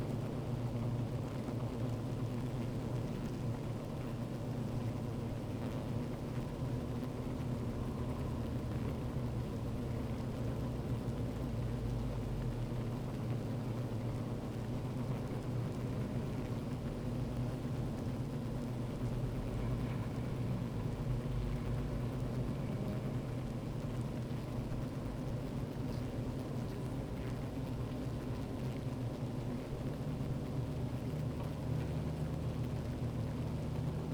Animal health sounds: honeybee colony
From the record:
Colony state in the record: active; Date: 28 July 2017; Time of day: 15:25

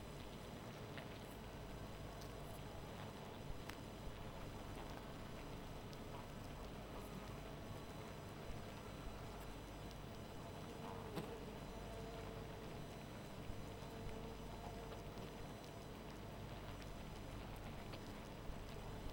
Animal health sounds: honeybee colony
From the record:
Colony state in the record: missing queen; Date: 14 July 2017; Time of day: 0:35

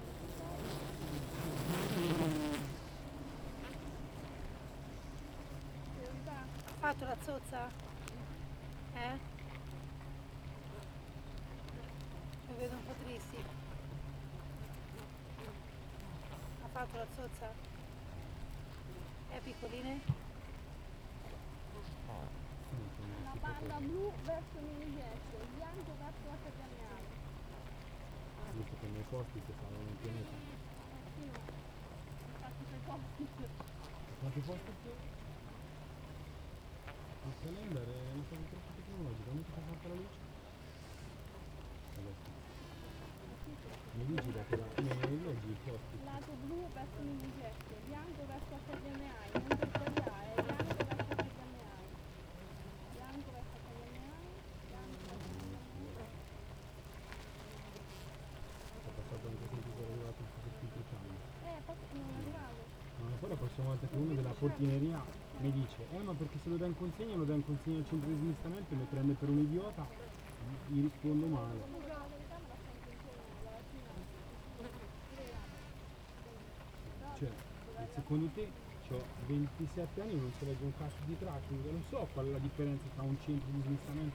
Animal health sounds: honeybee colony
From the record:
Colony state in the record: active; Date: 28 July 2017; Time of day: 7:26

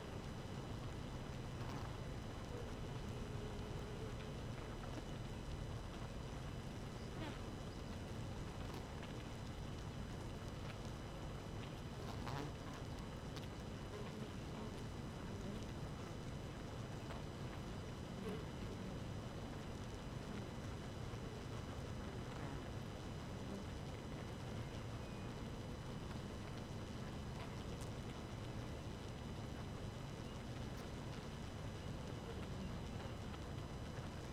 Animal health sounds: honeybee colony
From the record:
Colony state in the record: active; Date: 12 June 2018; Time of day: 4:43

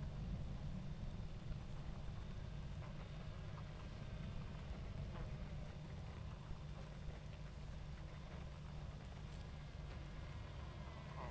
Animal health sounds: honeybee colony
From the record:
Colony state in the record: active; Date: 28 July 2017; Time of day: 20:21

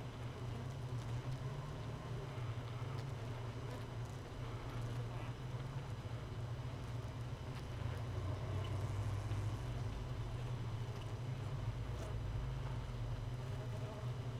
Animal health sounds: honeybee colony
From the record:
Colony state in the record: missing queen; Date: 31 May 2018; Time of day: 4:44

